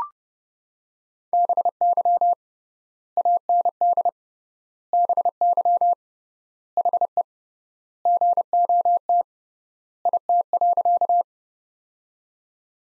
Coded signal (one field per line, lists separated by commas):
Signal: Morse code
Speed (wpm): 30 wpm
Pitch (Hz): 700 Hz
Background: none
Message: BY AND BY HE GOT IT.